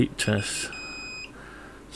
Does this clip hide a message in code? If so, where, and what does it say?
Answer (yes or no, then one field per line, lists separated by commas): no